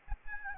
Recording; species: mosquito wingbeat signal from an infrared sensor; Aedes albopictus